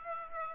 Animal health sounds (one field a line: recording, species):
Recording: mosquito wingbeat signal from an infrared sensor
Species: Aedes aegypti